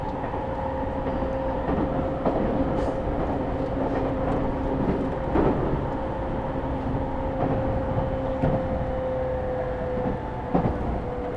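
A Tokyo Metro train runs between Iidabashi and Nishi-Funabashi, its steady low rumble filling the whole stretch. A thin, sustained whine rides above the roar, while sharp clicks and rattles from the wheels break through every second or so, louder near the middle and end.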